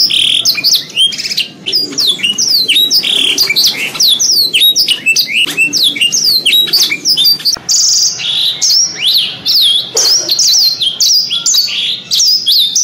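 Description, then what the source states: Canary song, a fast run of high chirps, sweeps and warbled notes, changing pattern constantly with barely a pause throughout. Canary song in the 'isian' style, version 2.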